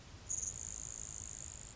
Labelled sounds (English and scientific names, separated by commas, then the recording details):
Grasshopper Sparrow (Ammodramus savannarum)
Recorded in Sonoma County, California